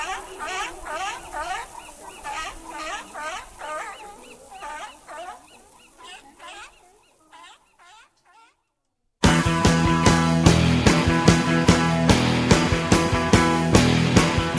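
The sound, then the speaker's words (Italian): Seals calling in a rapid series of hoarse, honking barks that gradually fade out, followed by a brief silence and then loud, busy music. “Avete sentito? Anche le foche bevono Radio Wombat.”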